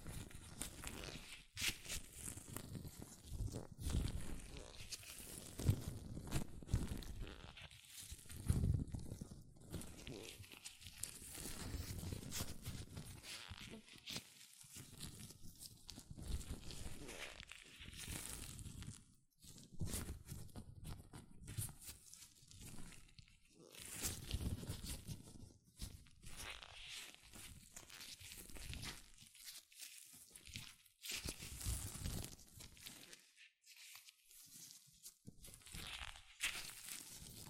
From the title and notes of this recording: ASMR Latex Gloves Hand Sounds (No Talking).